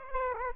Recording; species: mosquito wingbeat signal from an infrared sensor; Aedes aegypti